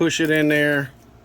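A rolled-up strip of sandpaper is being pushed into a small barrel-type sanding attachment for a rotary carving tool while someone talks for most of the clip. The voice fades out by about 0.9 s to a low, quiet background. Nothing has seated or clicked yet.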